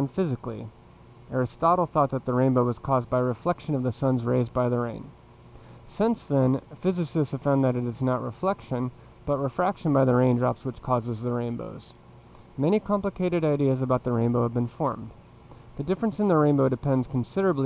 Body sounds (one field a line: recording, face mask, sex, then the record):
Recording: reading aloud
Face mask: surgical mask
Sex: male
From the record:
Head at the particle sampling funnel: facing it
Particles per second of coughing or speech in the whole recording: 0.209